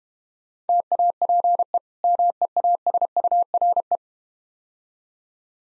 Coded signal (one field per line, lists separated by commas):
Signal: Morse code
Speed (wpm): 31 wpm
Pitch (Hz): 700 Hz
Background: none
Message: TAPE MEASURE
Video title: Easy Words - Speed-Racing with Hints - 25wpm